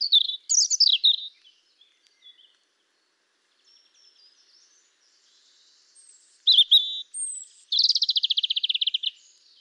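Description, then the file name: European robin giving high, fluting song phrases that dip and rise, a pause with faint notes, then a wavering phrase and a fast, even trill to finish. "Erithacus rubecula"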